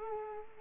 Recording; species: mosquito wingbeat signal from an infrared sensor; Culex quinquefasciatus